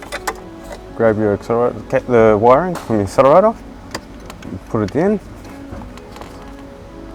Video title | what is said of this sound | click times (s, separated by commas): iDrive Throttle Controller Install on a 2018 Audi S3 | hear a little click and then | 6.2 s